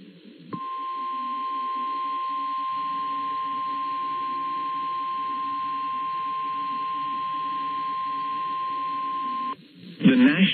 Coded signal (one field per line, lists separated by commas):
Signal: Emergency Alert System (SAME) tones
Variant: 1050 Hz attention tone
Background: speech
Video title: Severe Thunderstorm Warning EAS in Athens, GA